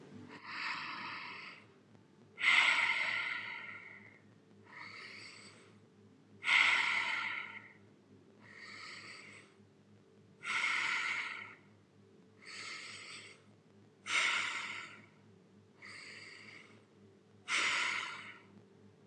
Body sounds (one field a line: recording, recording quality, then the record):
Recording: deep breathing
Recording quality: excellent, no background noise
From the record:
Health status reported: healthy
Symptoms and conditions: none ticked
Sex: male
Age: 27 years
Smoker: yes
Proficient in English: yes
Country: India